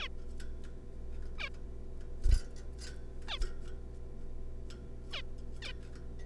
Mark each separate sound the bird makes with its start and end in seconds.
0.01-0.08, 1.38-1.49, 3.28-3.38, 5.11-5.21, 5.62-5.72